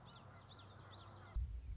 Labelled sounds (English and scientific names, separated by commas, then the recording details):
Common Yellowthroat (Geothlypis trichas)
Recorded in Sonoma County, California